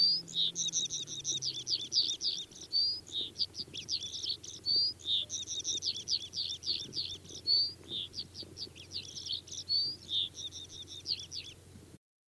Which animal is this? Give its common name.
Blyth's Pipit